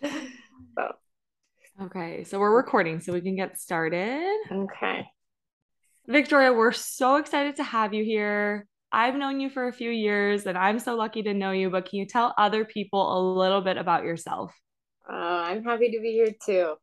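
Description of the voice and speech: An adult woman speaks fluently and clearly with normal rhythm and pauses; a second voice answers briefly at the end.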